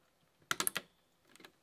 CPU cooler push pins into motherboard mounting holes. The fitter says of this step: until you hear them snap into place.